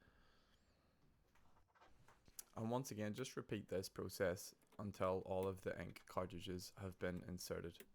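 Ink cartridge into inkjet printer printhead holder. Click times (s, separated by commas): 2.4 s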